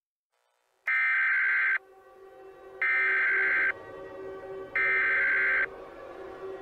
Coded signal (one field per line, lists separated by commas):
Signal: Emergency Alert System (SAME) tones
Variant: header bursts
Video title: Dead Bowl: Super Bowl EAS Mock